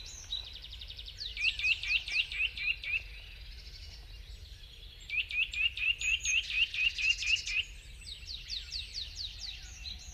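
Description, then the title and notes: Eurasian nuthatch giving bursts of quick upslurred whistles, about seven notes in the first clear burst and eleven in the second. "Pähkinänakkeli. Juha Laaksonen"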